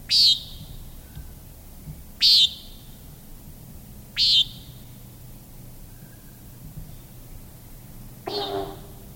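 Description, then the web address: Common nighthawk calls: three short, buzzy high notes spaced about two seconds apart, then a lower, broader burst near the end over faint background hiss. South America, eastern lowlands. "Natures Songs S America Eastern Lowlands. Common Nighthawk"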